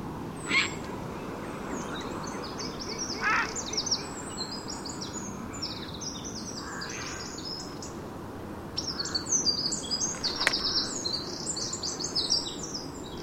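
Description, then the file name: Eurasian wren song: rapid, high, trilled bursts of notes, one early and another near the end, over a steady background hiss. "Troglodytes troglodytes"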